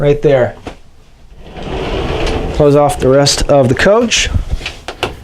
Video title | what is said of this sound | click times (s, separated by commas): 2014 Leisure Travel Unity 24MB (10729KB) | that clips in place so when you're traveling i think is not going to be slamming around on you now | 5.0 s